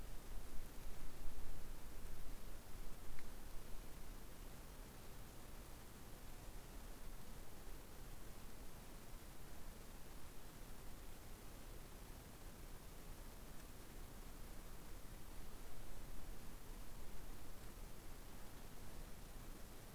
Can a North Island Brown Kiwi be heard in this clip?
no